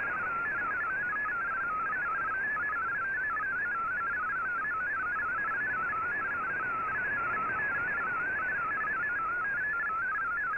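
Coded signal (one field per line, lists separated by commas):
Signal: multi-tone FSK (Olivia or MFSK type)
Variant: MFSK16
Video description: Here is my decode of the Shortwave Radiogram broadcast today on 15770Khz shortwave radio at 1300UTC in MFSK16, 32 and 64 and with 10 SSTV images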